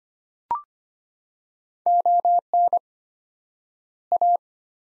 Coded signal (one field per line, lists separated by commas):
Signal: Morse code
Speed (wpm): 25 wpm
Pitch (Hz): 700 Hz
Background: none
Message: ON A